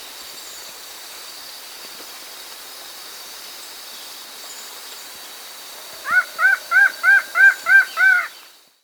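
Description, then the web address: Upland antshrike song: after six seconds of quiet background, a steady series of seven evenly spaced, nasal, slightly arched notes, about three per second, ending abruptly. Andes, South America. "Natures Songs S America Andean Birds. Upland Antshrike (Thamnophilus Aroyae)"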